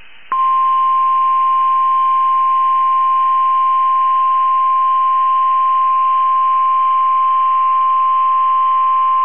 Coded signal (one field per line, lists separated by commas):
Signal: Emergency Alert System (SAME) tones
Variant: 1050 Hz attention tone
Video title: 4/27/22 BOX RWT ON KEC73 EAS #178